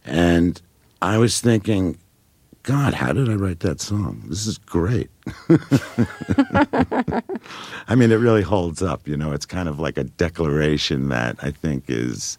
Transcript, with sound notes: and I was thinking, `God, how did I write that song? This is great.' (Laughs) I mean, it really holds up; you know, it's kind of like a declaration that, I think, is